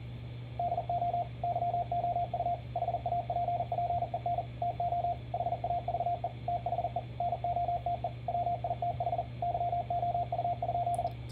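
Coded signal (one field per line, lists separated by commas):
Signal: Morse code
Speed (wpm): 39 wpm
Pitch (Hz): 700 Hz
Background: radio noise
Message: DO YOU HAPPEN TO HAVE THE NOTE WITH YOU?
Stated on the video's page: Morse practice sentences copied at 40 wpm.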